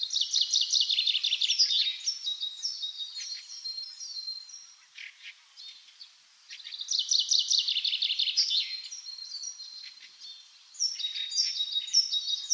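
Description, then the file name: Common chaffinch song: fast rattling phrases of bright notes, heard three times, with softer high chirps between phrases. "Fringilla coelebs"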